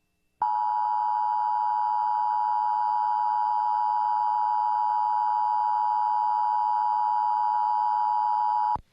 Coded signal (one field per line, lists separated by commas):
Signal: Emergency Alert System (SAME) tones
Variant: 853 and 960 Hz attention tone